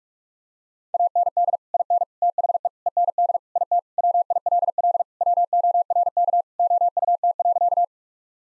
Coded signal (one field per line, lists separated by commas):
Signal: Morse code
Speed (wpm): 46 wpm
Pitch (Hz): 700 Hz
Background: none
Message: AND IN THE END IT WILL WORK OUT.